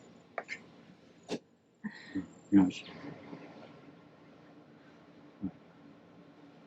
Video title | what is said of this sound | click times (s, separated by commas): DIY Boat Projects | push it in until it clicks. | 0.4 s